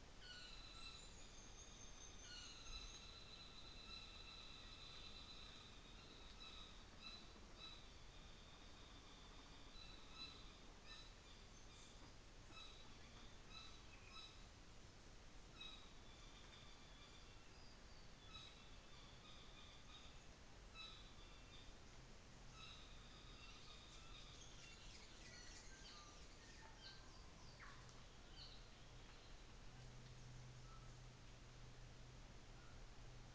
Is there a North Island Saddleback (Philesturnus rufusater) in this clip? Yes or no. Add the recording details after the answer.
yes. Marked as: faintness 3/5, faintness 4/5. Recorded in New Zealand on 24 December 2018. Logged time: 17:00